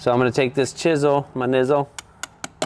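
Someone talks, then taps a metal retaining clip onto a truck front axle shaft with a chisel while replacing a locking hub, giving several sharp strikes at about 2.0, 2.2, 2.4 and 2.6 seconds. The clip has not seated or clicked into place yet.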